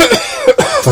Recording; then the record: coughing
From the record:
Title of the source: Dry Coughing Fit in the Afternoon.